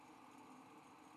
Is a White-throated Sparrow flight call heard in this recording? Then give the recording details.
no. No flight call is heard. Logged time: 04:53 on 5 December 2014